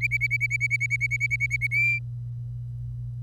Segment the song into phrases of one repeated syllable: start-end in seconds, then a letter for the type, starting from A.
0.01-1.67 A, 1.71-1.99 B